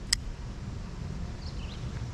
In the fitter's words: the frame lock locks with a nice positive click i mean as you can hear